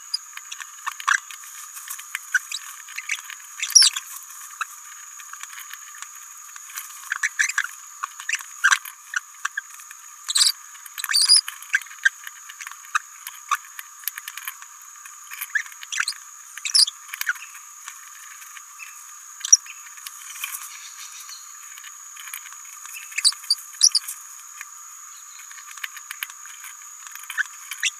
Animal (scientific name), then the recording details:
Forpus passerinus. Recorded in a nest box in Venezuela. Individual 18B17A3